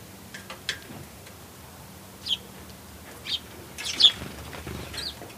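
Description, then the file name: Eurasian tree sparrow chirps: a few short, high, scratchy notes spaced about a second apart, with some soft rustling between them. "suzume"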